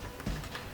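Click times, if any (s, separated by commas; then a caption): none. A punched-out cardboard race-track gate piece is being folded by hand so its tab can go into its slot on the gate frame, with brief soft handling sounds around 0.2 s and 0.6 s. Nothing has seated or clicked yet; the tab has not popped into place.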